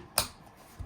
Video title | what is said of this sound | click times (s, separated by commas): Tesla Model Y Gets Yoked!!! | And you can hear them click in when you push them in. | 0.2 s